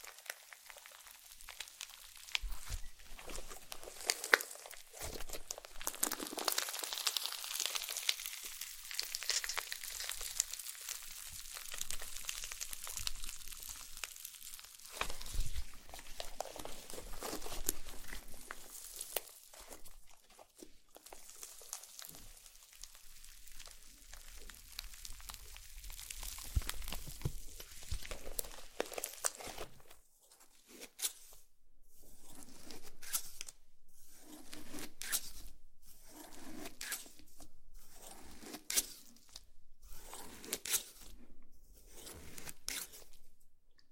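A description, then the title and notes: Slime being squished and stretched makes a continuous run of wet crackling, squelching and crinkling sounds that stay bright and busy through the first half. After about thirty seconds it turns into separate sticky pops and squelches, repeating roughly once a second. ASMR SLIME SATISFYING - NO TALKING.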